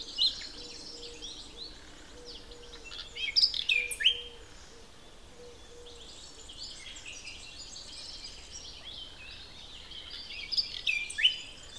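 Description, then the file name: Common nightingale song in short, loud, varied phrases separated by longer pauses, over a faint low repeated tone. "Luscinia megarhynchos"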